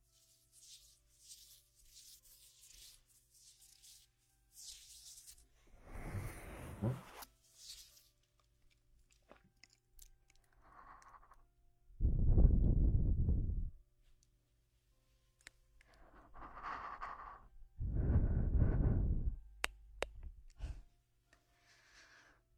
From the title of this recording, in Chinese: 耳边呼吸 吹气